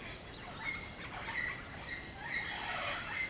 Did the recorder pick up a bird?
yes